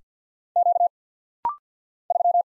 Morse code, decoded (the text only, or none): Q 3